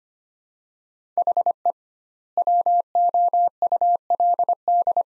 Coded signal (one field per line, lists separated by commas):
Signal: Morse code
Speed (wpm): 25 wpm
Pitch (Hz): 700 Hz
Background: none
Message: HE WOULD